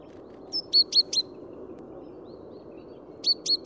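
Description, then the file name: Great tit giving a quick run of three or four sharp, high notes, a pause, then another group like it. "Parus major"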